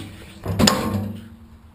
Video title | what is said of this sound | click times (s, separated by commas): new worx aero cart wheel barrow | locks in place so there's the works arrow cart | 0.7 s